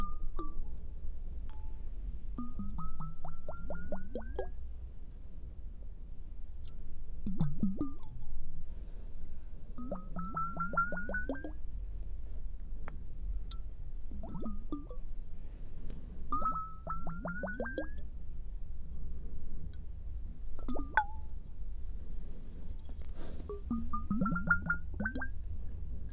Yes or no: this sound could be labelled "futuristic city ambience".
no